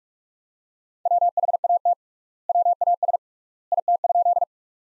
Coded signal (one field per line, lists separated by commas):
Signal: Morse code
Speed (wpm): 42 wpm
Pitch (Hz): 700 Hz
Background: none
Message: WHAT WAS IT?